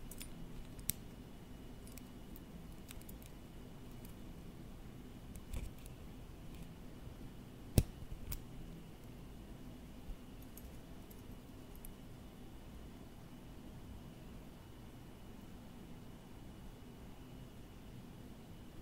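Close-up tapping on office objects: sparse sharp clicks, loudest near eight seconds, over a steady low hum with a faint high whine.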